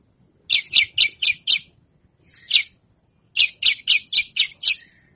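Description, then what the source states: Javan bush lark giving two bursts of five or six loud, harsh chirps at an even pace, separated by a single note and a pause. Local name branjangan; song described as super isian istimewa, an excellent filled song.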